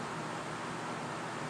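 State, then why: Not seated. A small ribbon flex cable connector is lined up with its socket on a Nintendo DS Lite circuit board. Only a steady broadband hiss is heard, with no distinct hit or click. The connector has not seated or clicked yet.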